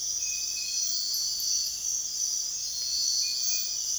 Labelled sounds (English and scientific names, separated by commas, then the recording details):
none
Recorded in secondary vegetation near Puerto Asís, Putumayo, Colombia, on 22 June 2025 at 05:00
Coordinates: 0.485, -76.322
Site GP06